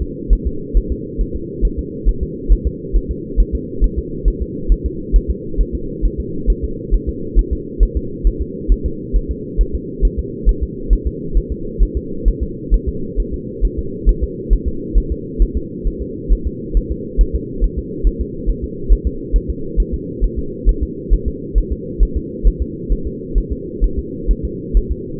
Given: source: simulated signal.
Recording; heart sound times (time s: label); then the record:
fetal heart sounds
0.02 s: S2
0.33 s: S1
0.47 s: S2
0.77 s: S1
0.92 s: S2
1.21 s: S1
1.36 s: S2
1.65 s: S1
1.79 s: S2
2.09 s: S1
2.23 s: S2
2.53 s: S1
2.67 s: S2
2.96 s: S1
3.11 s: S2
3.40 s: S1
3.55 s: S2
3.84 s: S1
3.99 s: S2
4.28 s: S1
4.42 s: S2
4.72 s: S1
4.86 s: S2
5.16 s: S1
5.31 s: S2
5.61 s: S1
5.75 s: S2
6.05 s: S1
6.20 s: S2
6.50 s: S1
6.64 s: S2
6.95 s: S1
7.09 s: S2
7.39 s: S1
7.53 s: S2
7.83 s: S1
7.97 s: S2
8.27 s: S1
8.42 s: S2
8.72 s: S1
8.86 s: S2
9.16 s: S1
9.31 s: S2
9.61 s: S1
9.75 s: S2
10.05 s: S1
10.19 s: S2
10.49 s: S1
10.63 s: S2
10.93 s: S1
11.07 s: S2
11.38 s: S1
11.52 s: S2
11.83 s: S1
11.97 s: S2
12.28 s: S1
12.43 s: S2
12.74 s: S1
12.89 s: S2
13.20 s: S1
13.34 s: S2
13.65 s: S1
13.79 s: S2
14.09 s: S1
14.24 s: S2
14.53 s: S1
14.68 s: S2
14.98 s: S1
15.12 s: S2
15.42 s: S1
15.57 s: S2
15.87 s: S1
16.02 s: S2
16.32 s: S1
16.47 s: S2
16.77 s: S1
16.92 s: S2
17.21 s: S1
17.35 s: S2
17.64 s: S1
17.79 s: S2
18.07 s: S1
18.21 s: S2
18.50 s: S1
18.64 s: S2
18.93 s: S1
19.07 s: S2
19.36 s: S1
19.50 s: S2
19.80 s: S1
19.94 s: S2
20.24 s: S1
20.39 s: S2
20.69 s: S1
20.83 s: S2
21.14 s: S1
21.28 s: S2
21.58 s: S1
21.73 s: S2
22.03 s: S1
22.17 s: S2
22.47 s: S1
22.62 s: S2
22.93 s: S1
23.07 s: S2
23.38 s: S1
23.52 s: S2
23.84 s: S1
23.99 s: S2
24.31 s: S1
24.45 s: S2
24.77 s: S1
24.92 s: S2
From the record:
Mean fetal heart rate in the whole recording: 135 bpm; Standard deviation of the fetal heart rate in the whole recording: 3 bpm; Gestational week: 36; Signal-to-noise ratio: -4.3 dB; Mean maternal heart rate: 72 bpm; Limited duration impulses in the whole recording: absent